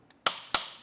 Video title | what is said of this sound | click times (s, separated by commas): etrailer - How to Install the Inno Aero Roof Rack Kit - 2024 Ford Edge | eventually we're going to hear a pop like that. | 0.3 s, 0.6 s